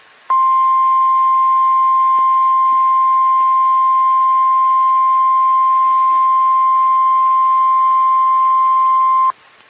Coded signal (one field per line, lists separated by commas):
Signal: Emergency Alert System (SAME) tones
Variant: 1050 Hz attention tone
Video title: SMW on KHB37 (EAS #146)